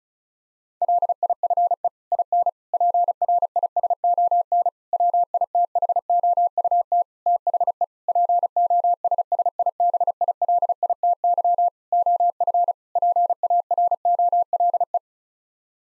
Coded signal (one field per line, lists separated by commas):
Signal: Morse code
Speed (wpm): 34 wpm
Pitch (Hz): 700 Hz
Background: none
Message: LIFE IN PRISON WITHOUT THE POSSIBILITY OF PAROLE